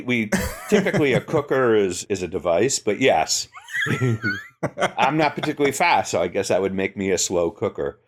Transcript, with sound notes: We-typically a cooker is a device, but yes.. [laugh] I’m not particularly fast so I guess that would make me a slow cooker..